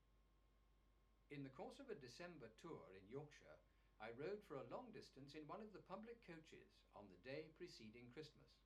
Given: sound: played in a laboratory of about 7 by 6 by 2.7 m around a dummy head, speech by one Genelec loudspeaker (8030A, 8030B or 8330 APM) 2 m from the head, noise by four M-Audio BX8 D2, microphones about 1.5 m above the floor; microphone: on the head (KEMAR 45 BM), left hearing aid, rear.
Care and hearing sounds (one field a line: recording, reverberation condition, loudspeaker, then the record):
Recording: male speech in English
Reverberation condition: low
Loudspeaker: 60 degrees to the left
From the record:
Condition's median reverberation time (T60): about 310 ms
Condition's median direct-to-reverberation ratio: about 3.5 dB